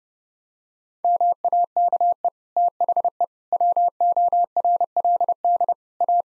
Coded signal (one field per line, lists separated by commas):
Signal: Morse code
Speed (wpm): 30 wpm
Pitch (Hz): 700 Hz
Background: none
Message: MAKE THE WORLD A